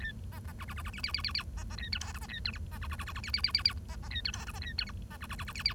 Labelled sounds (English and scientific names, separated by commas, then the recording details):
Bengalese Finch (Lonchura striata domestica) song
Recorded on 1 October 2012 at 09:56
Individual or60yw70